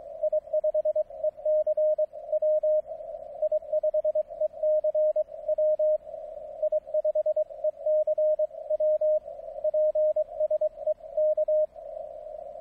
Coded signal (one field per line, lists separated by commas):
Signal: Morse code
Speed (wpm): 23 wpm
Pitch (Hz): 620 Hz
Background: radio noise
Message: I5ECW I5ECW I5ECW PSE K